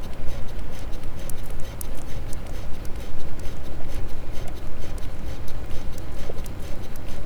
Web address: Physeter Macrocephalus clean cachalot